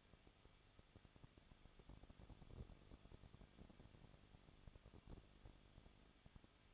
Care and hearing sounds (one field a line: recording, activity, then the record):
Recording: daily activity, microphone in the room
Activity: no activity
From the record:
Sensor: 4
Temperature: 23.0 degrees Celsius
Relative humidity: 34.2%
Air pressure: 1007.3 hPa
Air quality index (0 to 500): 216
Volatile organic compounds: 15 ppm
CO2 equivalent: 2506 ppm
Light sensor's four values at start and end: 2/3/1/1 and 2/3/1/1